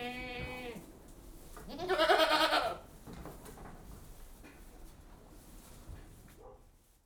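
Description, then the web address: Goat bleats: one harmonic call at the start and a louder, harsher bleat near two seconds, then quieter background sounds in a livestock shed. Goats inside a goat house; general atmosphere of livestock housing. "BBC Sound Effects Library. General Atmosphere In Goat-House"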